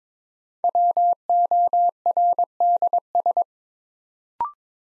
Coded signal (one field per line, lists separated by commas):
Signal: Morse code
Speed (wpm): 22 wpm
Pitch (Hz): 700 Hz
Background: none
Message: WORDS